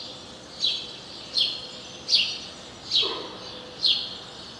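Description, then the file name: House sparrow chirps, short bright notes repeated about once every second, with a faint lower note near the fourth chirp over steady background hiss. "Passer domesticus"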